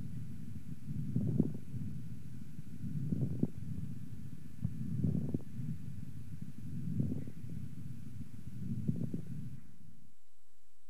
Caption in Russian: Влажные мелкопузырчатые хрипы, которые отличаются более высоким тембром и большим количеством одновременно возникающих звуков. У больной с острой бронхопневмонией. Основной дыхательный шум представлен жестким дыханием. После покашливания. После покашливания характер хрипов изменился.